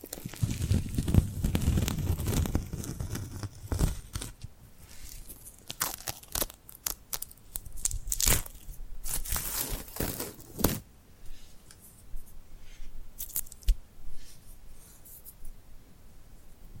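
Sticky glued hands peel and crackle in irregular bursts, with a low rubbing rumble early on, then sharper tearing snaps around seconds six to eleven.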